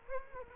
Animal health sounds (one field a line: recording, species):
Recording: mosquito wingbeat signal from an infrared sensor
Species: Culex quinquefasciatus